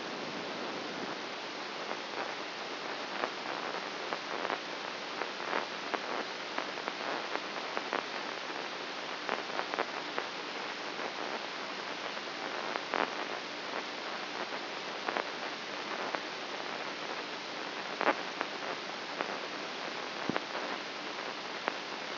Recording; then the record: brain microelectrode recording played as sound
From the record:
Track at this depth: inside the subthalamic nucleus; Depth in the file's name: 2.44 mm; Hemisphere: right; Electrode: 2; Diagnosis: Parkinson's disease